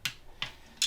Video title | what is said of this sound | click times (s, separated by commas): How a Clutch works - How to Install a Clutch | that's the click | 0.0 s